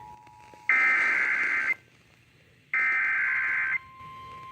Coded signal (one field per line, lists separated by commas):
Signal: Emergency Alert System (SAME) tones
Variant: header bursts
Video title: June 9, 2018 EAS weather alerts (EAS #683-695)